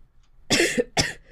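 Two short, harsh coughs in quick succession from an adult with a cold, nasal congestion and a runny nose, who has occasional coughing fits.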